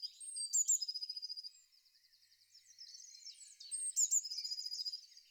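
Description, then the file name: Eurasian blue tit song: thin, high introductory notes leading into a fast, ringing trill, given twice, with soft twittering between the phrases. "pimpelmees"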